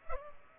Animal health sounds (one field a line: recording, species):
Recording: mosquito wingbeat signal from an infrared sensor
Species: Culex pipiens